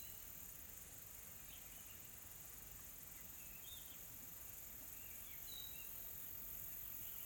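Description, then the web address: Insects give a steady, soft high-pitched hum throughout, with faint scattered bird chirps and whistles in the background. Soft, calm insect ambience in a tropical forest, South Africa. "GDC 2020-Game Audio Bundle Smart Sound FX - Nature South Africa AMBIENCE Additional Tropical Forest Soft Insects Calm"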